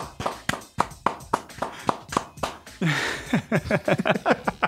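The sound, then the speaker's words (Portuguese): A steady run of sharp hand claps, about ten in quick even rhythm, followed by a voice making rising, sliding vocal sounds over the last few claps. “Isso aí, uma salva de palmas. Uma salva de palmas para nós mesmos.”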